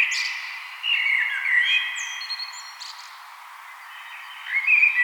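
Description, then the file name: Common blackbird with a high squeak, then a flowing fluted warble with thin high notes on top, a quieter pause, and the start of another phrase at the end. "Turdus merula"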